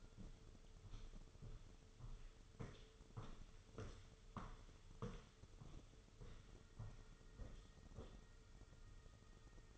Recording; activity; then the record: daily activity, microphone in the room; walk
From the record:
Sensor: 4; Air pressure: 995.3 hPa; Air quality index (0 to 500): 207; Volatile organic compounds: 196 ppm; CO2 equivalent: 4200 ppm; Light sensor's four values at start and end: 13/32/12/14 and 13/31/12/14